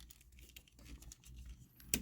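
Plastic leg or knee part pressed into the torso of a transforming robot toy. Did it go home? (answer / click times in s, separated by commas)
yes / 1.9 s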